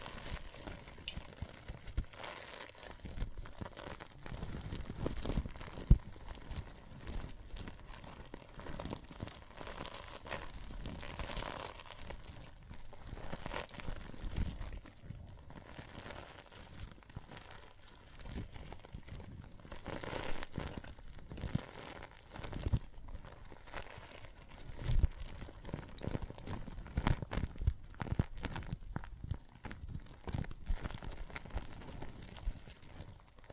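Water and soap foam crackle and fizz continuously, a dense wet texture of tiny pops and crinkles throughout. Short louder bursts of sloshing and squelching come every second or two, with a stronger cluster around 5 to 6 seconds and again near 20 and 27 seconds.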